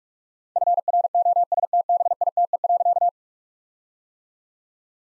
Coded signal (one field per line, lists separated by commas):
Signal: Morse code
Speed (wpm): 42 wpm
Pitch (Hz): 700 Hz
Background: none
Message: FROSTBITE.